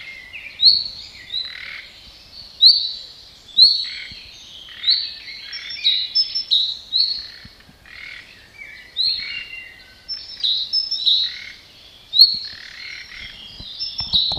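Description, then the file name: Common nightingale singing a busy sequence of rising whistles, chirps and buzzy notes, with strong phrases every second or so. "Luscinia megarhynchos"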